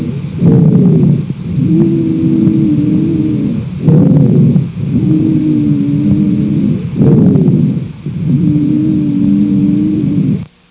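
Asthma wheeze heard through a stethoscope on an adult's chest: musical, tonal wheezing sounds across three breath cycles.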